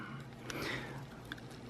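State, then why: Not seated. A plastic frame mount is pressed toward a slot in the carbon fibre frame of an Eachine QX80 micro quadcopter, with short handling ticks at about 0.5, 1.3, 1.4 and 1.7 seconds over a low steady background hum. The clip ends before the mount goes home, so nothing has seated or clicked yet.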